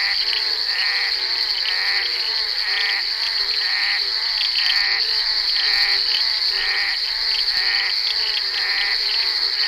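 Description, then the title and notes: Bullfrog croaking chorus: nasal, harmonic croaks repeating in overlapping bursts over a steady high insect whine. Recorded during the filming of Bal poussière by Henri Duparc in February 1988. "crapaux buffle. enregistré sur le tournage Bal poussière dhenri duparc en février 1988"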